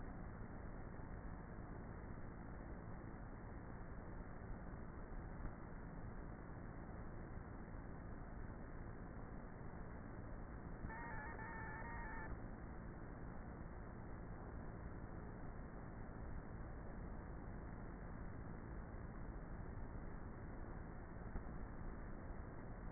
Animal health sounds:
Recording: honeybee colony, microphone inside the hive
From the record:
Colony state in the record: queenless with a low population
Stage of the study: before two queens were removed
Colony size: about 30,000 bees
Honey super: no

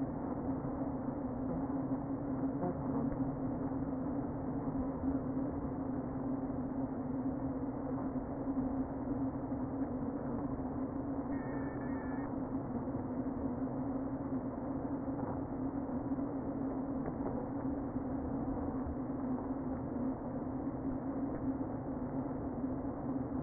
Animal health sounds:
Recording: honeybee colony, microphone inside the hive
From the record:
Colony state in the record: queen present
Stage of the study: before two queens were removed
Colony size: about 60,000 bees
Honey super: yes

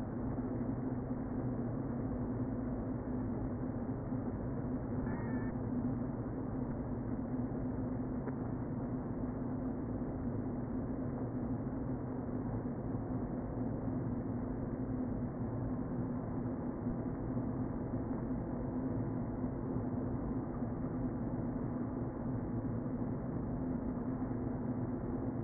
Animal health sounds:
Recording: honeybee colony, microphone inside the hive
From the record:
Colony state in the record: queen present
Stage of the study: before two queens were removed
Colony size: about 60,000 bees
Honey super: yes

